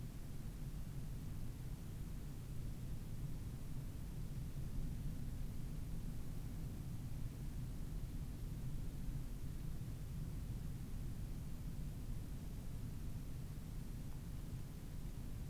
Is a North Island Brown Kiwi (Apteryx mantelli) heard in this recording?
no